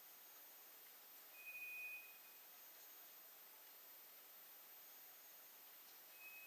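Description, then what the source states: White's thrush short, faint, flat high whistle, followed much later by a brief start of another, over noticeable background hiss. Recorded 2 July 2007.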